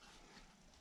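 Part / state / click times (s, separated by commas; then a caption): white plastic connector clip onto motorcycle starter solenoid / not seated / none. A small white plastic connector clip is handled as it is pushed back onto the starter solenoid of a Harley Touring motorcycle. Only steady, broadband background noise is heard, with no distinct sudden sounds. Nothing has clicked or seated yet.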